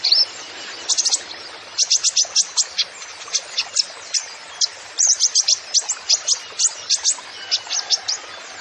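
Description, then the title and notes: Kolibri Ninja song: rapid run of very high, sharp chirps and short trills, loud bursts clustered with brief gaps, over a faint steady hiss. Song with full isian (fill) phrases and tembakan (shot) style, in full song (gacor), used as masteran to train songbirds. "MASTERAN KOLIBRI NINJA FULL ISIAN DAN TEMBAKAN. Suara Burung Kolibri Ninja Gacor"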